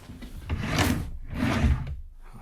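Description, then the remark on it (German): Two rough wooden scraping slides, one after another, as a wooden furniture drawer is pulled open and pushed back during a search of a room, each swelling for about half a second with a low rumbling rasp. “Also dann, der Kleiderschrank. Bett, Nachttisch.”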